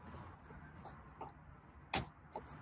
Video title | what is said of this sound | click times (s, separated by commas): 2022 & 2023 Lexus GX Full Tutorial - Deep Dive | so they have clips that will click right into place | 1.9 s